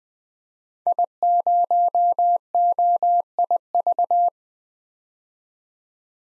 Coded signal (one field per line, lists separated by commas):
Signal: Morse code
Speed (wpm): 20 wpm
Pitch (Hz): 700 Hz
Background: none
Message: I0OIV